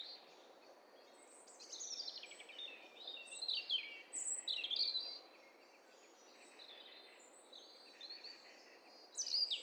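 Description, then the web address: Several birds calling together, a jumble of quick chirps, sweeping whistles and short trills in overlapping bursts, with quieter gaps and a faint background hiss. Several birds calling at once; stereo recording. "Hi Fi STEREO BIRD COCKTAIL PARTY Challenge"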